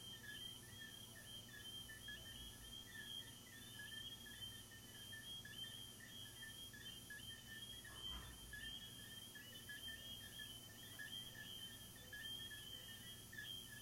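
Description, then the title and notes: Continuous cricket chorus of fast pulsed chirps in layered bands, with one short low knock midway. Crickets recorded in the recordist's garden, presented as relaxing ASMR. "These are relaxing asmr crickets from my garden"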